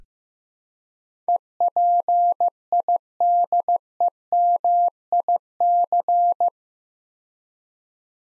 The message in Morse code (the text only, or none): EPIDEMIC